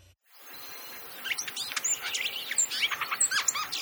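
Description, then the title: Hooded oriole calls: a quick run of varied high chirps and short whistled notes, starting after a second of quiet and continuing to the end. Played example of its call. "What’s That Bird?: Hooded Oriole"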